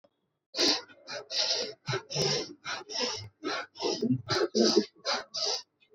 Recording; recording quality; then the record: deep breathing; excellent, no background noise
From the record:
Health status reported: exposed to COVID-19, no respiratory illness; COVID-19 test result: negative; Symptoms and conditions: cough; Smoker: not ticked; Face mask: not worn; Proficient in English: yes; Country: India